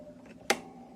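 The magnetic lid flap on a cardboard gift box is closed a second time and clicks shut as the magnet catches. A sharp, bright click is heard at 0.5 s against a faint background hum. The lid is seated.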